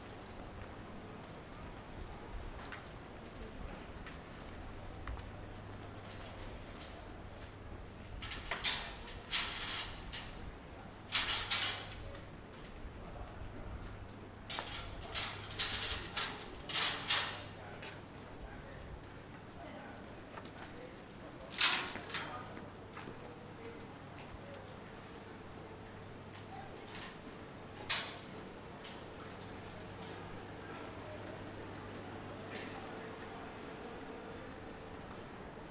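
A walk around Willemstad, Curacao, over a constant low engine-like hum. Sharp clattering knocks break through at intervals, clustered between 8 and 17 seconds and again near 22 and 28 seconds, with faint voices underneath and a steady tone in the final ten seconds.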